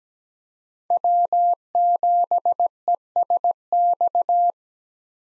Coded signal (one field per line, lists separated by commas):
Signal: Morse code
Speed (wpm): 17 wpm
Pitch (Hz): 700 Hz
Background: none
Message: W7ESX